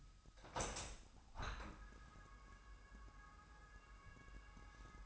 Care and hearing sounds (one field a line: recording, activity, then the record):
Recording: daily activity, microphone in the room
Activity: open window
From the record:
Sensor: 2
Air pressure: 997.9 hPa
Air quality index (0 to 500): 142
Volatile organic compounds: 4 ppm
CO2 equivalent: 1594 ppm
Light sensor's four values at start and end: 10/30/12/12 and 10/31/12/12